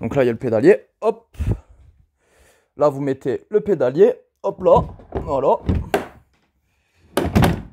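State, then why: Seated. Someone talks as the pedal drive of a Hobie Compass kayak is dropped into its well in the kayak hull and pushed fully home. At 7.2 s it locks into its mount with a solid plastic-on-plastic thunk, clipping in automatically and seating fully.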